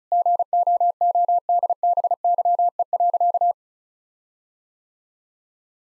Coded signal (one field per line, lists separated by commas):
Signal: Morse code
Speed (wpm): 34 wpm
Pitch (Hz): 700 Hz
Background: none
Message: GOODBYE.